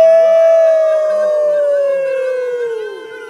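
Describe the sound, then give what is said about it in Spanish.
A person imitates a coyote howl during a group activity of making animal sounds, with one long, sustained tone that glides slowly downward in pitch, strong and steady, then tapering off at the end. “Ya el de yo voy a ser el coyote.”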